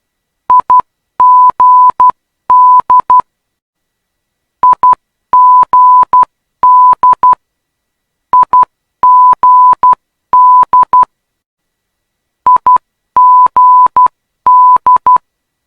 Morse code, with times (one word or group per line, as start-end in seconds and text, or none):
0.5-3.2 IGD
4.6-7.3 IGD
8.3-11.0 IGD
12.5-15.2 IGD